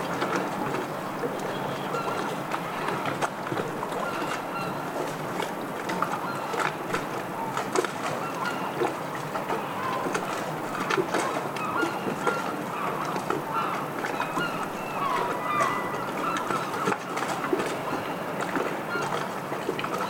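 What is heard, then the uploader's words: Lapping waves in a stormy harbour keep up a steady, dense wash of splashing and churning that never lets up across the twenty seconds. Brief sharp slaps stand out every few seconds, with murmured voices and faint bird calls mixed underneath. Stormy Harbour Ambiance | City of Bristol. Immerse yourself in the sounds of lapping waves, seagulls calling, and distant chatter. This field recording soundscape captures the vibrant ambiance of a stormy harbor.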